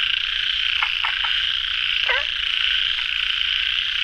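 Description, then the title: Frog calls: a few short, sharp croaks and one wavering, warbled call stand out over a steady, high-pitched buzzing chorus that runs throughout. Frogs calling late at night at a pond. "深夜水塘蛙声"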